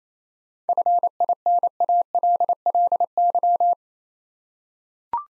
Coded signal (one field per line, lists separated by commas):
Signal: Morse code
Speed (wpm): 28 wpm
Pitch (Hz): 700 Hz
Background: none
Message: FINALLY